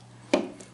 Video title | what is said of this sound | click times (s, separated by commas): 1997 vintage coleman green cooler made in the USA | You can lock it right in place for carrying. | 0.3 s